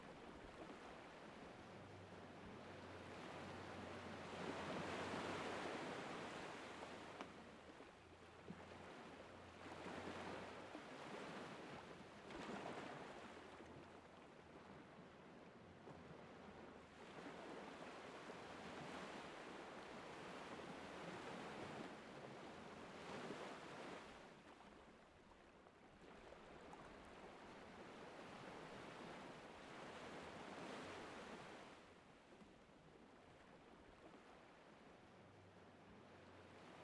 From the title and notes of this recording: Waves Coming To Shore. The gentle lull of waves caressing the shore.